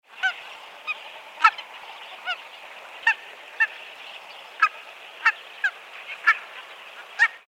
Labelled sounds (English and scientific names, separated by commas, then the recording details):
Barnacle Goose (Branta leucopsis)
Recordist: Tembrock, Günter
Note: Rufe mit vorgestrecktem Hals